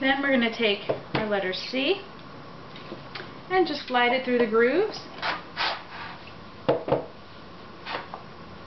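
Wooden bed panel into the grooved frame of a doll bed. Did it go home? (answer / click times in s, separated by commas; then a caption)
yes / 8.1 s. A wooden panel labeled C is slid through the grooves into the back part of the frame of an 18-inch doll single bed with storage, while someone talks. Rubbing and knocking sounds accompany the sliding, and the panel seats with a click at 8.1 seconds.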